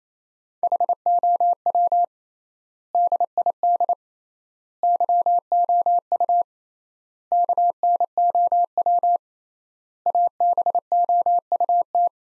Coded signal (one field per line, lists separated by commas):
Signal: Morse code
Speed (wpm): 28 wpm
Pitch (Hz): 700 Hz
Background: none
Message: HOW DID YOU KNOW ABOUT